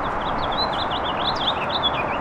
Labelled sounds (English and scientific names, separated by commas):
House Finch (Haemorhous mexicanus) song